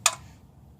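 A metal oil drain plug is unscrewed by hand from a car's oil pan while being pushed against. A single sharp click sounds at 0.1 s as the plug twists past its last thread and comes free, followed by quiet. The plug is released from the threads.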